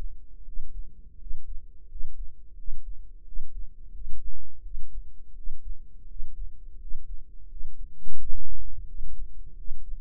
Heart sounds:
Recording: heart sounds by microphone in the right ear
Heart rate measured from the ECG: 86 bpm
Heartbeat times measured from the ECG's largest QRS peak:
0.43 s: heartbeat
1.17 s: heartbeat
1.87 s: heartbeat
2.55 s: heartbeat
3.23 s: heartbeat
3.91 s: heartbeat
4.61 s: heartbeat
5.34 s: heartbeat
6.06 s: heartbeat
6.78 s: heartbeat
7.47 s: heartbeat
8.16 s: heartbeat
8.85 s: heartbeat
9.55 s: heartbeat
From the record:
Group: healthy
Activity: rest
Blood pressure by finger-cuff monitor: 88/50 mmHg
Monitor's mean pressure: 61 mmHg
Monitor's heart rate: 86 bpm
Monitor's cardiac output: 7.9 L/min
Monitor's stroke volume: 92 mL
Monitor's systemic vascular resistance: 540 dyn s/cm5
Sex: male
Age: 23 years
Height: 179 cm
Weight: 87 kg

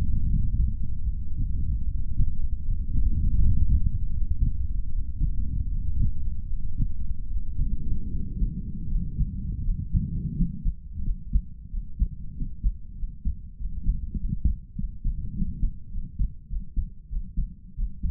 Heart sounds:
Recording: heart sounds by stethoscope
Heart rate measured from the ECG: 86 bpm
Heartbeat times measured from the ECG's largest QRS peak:
0.26 s: heartbeat
1.06 s: heartbeat
1.85 s: heartbeat
2.61 s: heartbeat
3.37 s: heartbeat
4.10 s: heartbeat
4.88 s: heartbeat
5.67 s: heartbeat
6.46 s: heartbeat
7.27 s: heartbeat
8.09 s: heartbeat
8.87 s: heartbeat
9.62 s: heartbeat
10.33 s: heartbeat
11.02 s: heartbeat
11.69 s: heartbeat
12.33 s: heartbeat
12.95 s: heartbeat
13.56 s: heartbeat
14.16 s: heartbeat
14.75 s: heartbeat
15.33 s: heartbeat
15.90 s: heartbeat
16.47 s: heartbeat
17.08 s: heartbeat
17.74 s: heartbeat
From the record:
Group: healthy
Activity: breath hold 0-7 s, rest 7-18 s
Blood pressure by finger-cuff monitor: 104/65 mmHg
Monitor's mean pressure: 75 mmHg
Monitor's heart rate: 83 bpm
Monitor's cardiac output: 5.3 L/min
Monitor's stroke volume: 70 mL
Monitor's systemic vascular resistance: 1010 dyn s/cm5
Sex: male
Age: 22 years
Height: 181 cm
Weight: 60 kg

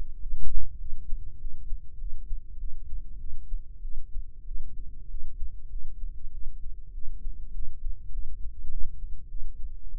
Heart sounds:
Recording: heart sounds by microphone in the right ear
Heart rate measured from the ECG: 99 bpm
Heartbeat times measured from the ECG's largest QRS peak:
0.21 s: heartbeat
0.79 s: heartbeat
1.39 s: heartbeat
1.99 s: heartbeat
2.59 s: heartbeat
3.19 s: heartbeat
3.82 s: heartbeat
4.46 s: heartbeat
5.09 s: heartbeat
5.70 s: heartbeat
6.32 s: heartbeat
6.93 s: heartbeat
7.53 s: heartbeat
8.12 s: heartbeat
8.70 s: heartbeat
9.29 s: heartbeat
9.89 s: heartbeat
From the record:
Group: healthy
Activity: cold pressor test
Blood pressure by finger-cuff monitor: 114/83 mmHg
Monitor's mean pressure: 97 mmHg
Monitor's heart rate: 100 bpm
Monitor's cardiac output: 7.9 L/min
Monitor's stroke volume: 78 mL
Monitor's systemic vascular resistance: 890 dyn s/cm5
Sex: female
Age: 22 years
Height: 157 cm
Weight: 47.6 kg

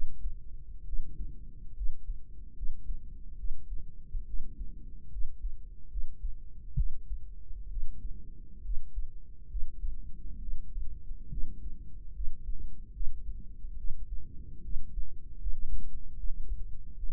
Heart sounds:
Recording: heart sounds by microphone in the right ear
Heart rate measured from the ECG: 71 bpm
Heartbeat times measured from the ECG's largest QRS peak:
0.83 s: heartbeat
1.73 s: heartbeat
2.53 s: heartbeat
3.35 s: heartbeat
4.24 s: heartbeat
5.08 s: heartbeat
5.87 s: heartbeat
6.74 s: heartbeat
7.67 s: heartbeat
8.61 s: heartbeat
9.46 s: heartbeat
10.37 s: heartbeat
11.28 s: heartbeat
12.11 s: heartbeat
12.91 s: heartbeat
13.75 s: heartbeat
14.60 s: heartbeat
15.37 s: heartbeat
16.14 s: heartbeat
16.94 s: heartbeat
From the record:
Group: healthy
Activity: rest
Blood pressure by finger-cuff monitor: 114/74 mmHg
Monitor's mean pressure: 85 mmHg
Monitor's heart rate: 70 bpm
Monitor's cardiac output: 5.6 L/min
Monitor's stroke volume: 80 mL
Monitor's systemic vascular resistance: 1120 dyn s/cm5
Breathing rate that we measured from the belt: 18 breaths a minute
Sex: female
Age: 23 years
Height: 160 cm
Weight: 50.4 kg

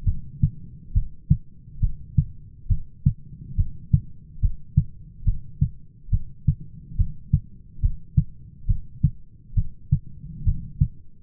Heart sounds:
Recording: heart sounds by stethoscope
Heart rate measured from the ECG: 69 bpm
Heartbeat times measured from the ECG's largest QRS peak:
0.06 s: heartbeat
0.95 s: heartbeat
1.82 s: heartbeat
2.70 s: heartbeat
3.58 s: heartbeat
4.43 s: heartbeat
5.26 s: heartbeat
6.12 s: heartbeat
6.99 s: heartbeat
7.83 s: heartbeat
8.68 s: heartbeat
9.57 s: heartbeat
10.46 s: heartbeat
From the record:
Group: heart failure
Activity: rest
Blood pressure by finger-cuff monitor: 133/96 mmHg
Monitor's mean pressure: 108 mmHg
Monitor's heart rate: 68 bpm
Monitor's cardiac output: 6.3 L/min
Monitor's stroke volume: 92 mL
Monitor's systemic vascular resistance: 1310 dyn s/cm5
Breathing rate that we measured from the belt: 18 breaths a minute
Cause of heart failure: idiopathic cardiomyopathy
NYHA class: 1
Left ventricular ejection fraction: 50%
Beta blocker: bisoprolol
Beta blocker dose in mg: 5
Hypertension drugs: candesartan, spironolactone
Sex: male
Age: 54 years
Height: 180 cm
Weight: 94.6 kg

